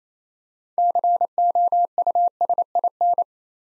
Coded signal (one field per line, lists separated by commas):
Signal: Morse code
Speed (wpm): 28 wpm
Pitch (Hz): 700 Hz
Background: none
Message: COUSIN